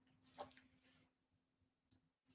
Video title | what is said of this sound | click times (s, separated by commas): How to Make the Pumpkin Pie Spice Earrings with SilverSilk Knitted Leather Chain | do you hear that snap into place that is the most satisfying sound ever | 1.9 s